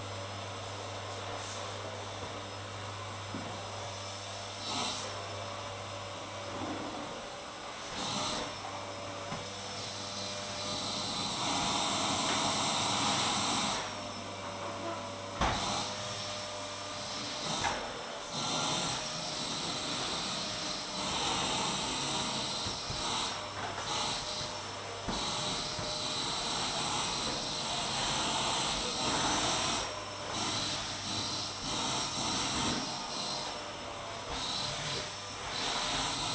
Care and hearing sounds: daily activity, microphone in the room; vacuum cleaning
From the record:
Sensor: 3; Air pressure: 995.2 hPa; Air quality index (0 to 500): 68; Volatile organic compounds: 4 ppm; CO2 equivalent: 1538 ppm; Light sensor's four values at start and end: 18/53/23/19 and 18/53/22/19

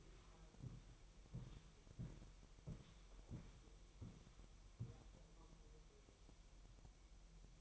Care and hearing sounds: daily activity, microphone in the room; walk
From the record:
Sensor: 1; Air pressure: 1002.0 hPa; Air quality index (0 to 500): 240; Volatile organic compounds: 100 ppm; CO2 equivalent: 3754 ppm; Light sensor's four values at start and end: 9/21/9/10 and 8/20/8/9

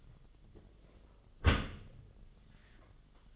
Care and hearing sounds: daily activity, microphone in the room; close dishwasher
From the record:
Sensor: 4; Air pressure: 1005.5 hPa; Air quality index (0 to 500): 111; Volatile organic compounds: 3 ppm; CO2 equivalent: 1385 ppm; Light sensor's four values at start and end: 11/24/9/9 and 11/25/10/10

